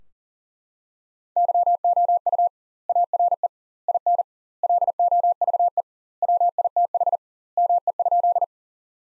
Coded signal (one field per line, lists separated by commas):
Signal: Morse code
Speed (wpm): 37 wpm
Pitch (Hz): 700 Hz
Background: none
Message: YOU ARE IN LOVE WITH ME?